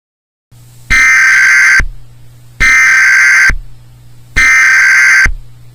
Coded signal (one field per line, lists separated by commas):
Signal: Emergency Alert System (SAME) tones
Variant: header bursts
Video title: Television Tornado Warning EAS Scenario For Dallas Texas